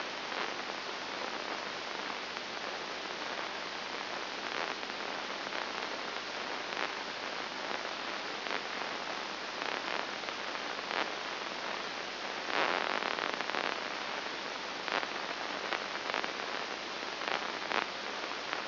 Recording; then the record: brain microelectrode recording played as sound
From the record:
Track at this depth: inside the subthalamic nucleus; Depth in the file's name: 2.503 mm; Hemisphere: left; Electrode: 2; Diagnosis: Parkinson's disease